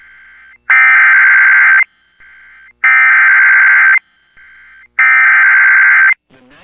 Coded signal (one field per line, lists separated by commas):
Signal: Emergency Alert System (SAME) tones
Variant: header bursts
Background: speech